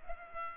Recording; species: mosquito wingbeat signal from an infrared sensor; Culex pipiens